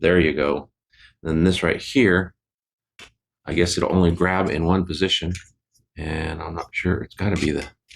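An external telephoto zoom lens, the 200 lens, is being handled at the lens mount of a Vivo X300 Pro phone camera case while someone talks throughout. The lens has not been twisted into the mount yet, so nothing has seated or clicked by the end of the clip.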